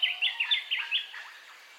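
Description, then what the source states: Bird chirping, five quick bright notes in a fast series, each slightly slurred, then a softer fading trail of calls. Dawn ambience of bird calls, in stereo.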